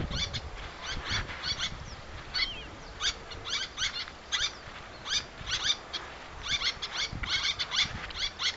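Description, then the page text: Little tern calls, quick high kik notes in irregular bursts, a couple of short slurred cries among them, faint low noise below. "Albert Lastukhin - Малая крачка (Sterna albifrons)"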